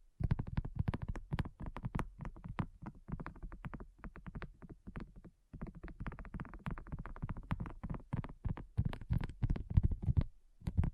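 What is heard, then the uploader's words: Fast, dense tapping runs almost without pause, the quick taps blurring into rolling clusters with a low, thumpy body and crisp clicky tops. The pace stays busy throughout, with brief gaps near four, five and a half, and eleven seconds. ASMR Addictive Tapping.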